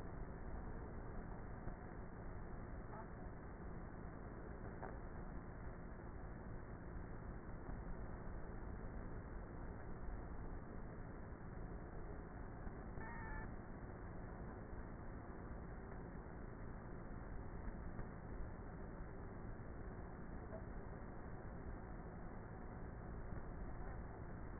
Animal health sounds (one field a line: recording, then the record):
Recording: honeybee colony, microphone inside the hive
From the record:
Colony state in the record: queenless with a low population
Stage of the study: before two queens were removed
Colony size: about 30,000 bees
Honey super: no